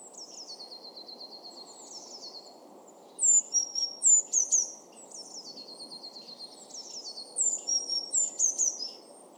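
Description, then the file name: Eurasian blue tit calling with high, thin notes that drop into short buzzy descending trills, in bursts of three or four, over a steady low rumble. "Cyanistes caeruleus"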